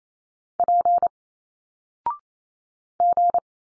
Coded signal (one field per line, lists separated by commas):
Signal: Morse code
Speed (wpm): 28 wpm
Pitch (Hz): 700 Hz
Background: none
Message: P G